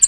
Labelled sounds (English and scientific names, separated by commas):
American Redstart (Setophaga ruticilla) flight call